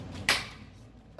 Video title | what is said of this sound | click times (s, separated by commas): comment poser un lambris pvc au plafond docteur peinture | Ah, tu entends le petit clips? Il était pas clipsé. | 0.3 s